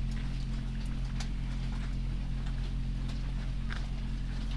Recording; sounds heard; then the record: poultry house recording; sick chickens (respiratory disease)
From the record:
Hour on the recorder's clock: 3